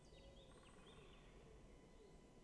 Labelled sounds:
Great Spotted Woodpecker (Dendrocopos major)
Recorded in Germany
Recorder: ecoPi

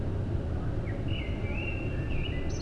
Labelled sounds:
Common Blackbird (Turdus merula)
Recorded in Germany
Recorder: ecoPi

